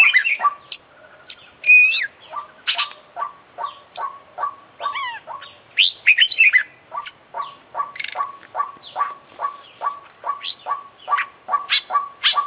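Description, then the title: Oriental magpie-robin song: rapid regular stream of short notes with interspersed bright twisting whistles and chirps. Competition kacer, an international champion bird, singing with full, complete isian (song fill-ins); long-duration recording. "KICAU KACER JUARA INTERNASIONAL FULL ISIAN KOMPLIT"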